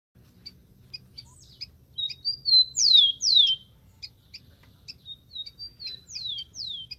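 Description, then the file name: Rufous-collared sparrow sings two songs, each of level whistled notes followed by two bright notes sweeping sharply downward, with soft ticking notes in the gaps. "canto do tico tico"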